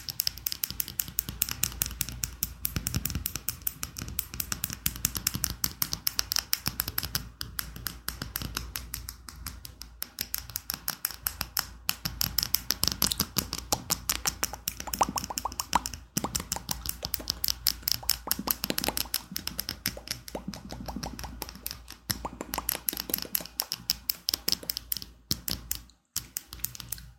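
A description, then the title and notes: A candle cap scratched over and over in a dense, fast run of dry, bright clicks and scrapes that barely pause for the full half-minute. The strokes come in quick, uneven bursts, with a few brief gaps near the end, and a low rumble sits underneath. Candle cap scratching.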